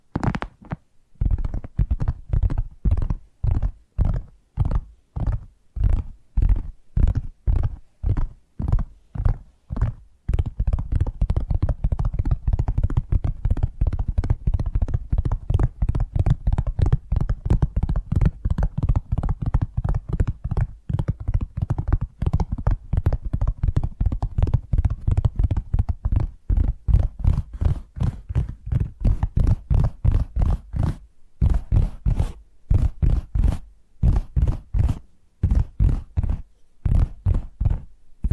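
Rapid, regular tapping runs throughout, with dull low thuds, thickening into a denser flurry from about ten to twenty-six seconds before spacing out again.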